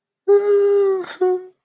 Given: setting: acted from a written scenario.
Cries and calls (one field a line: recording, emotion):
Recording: vocal sound without words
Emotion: sadness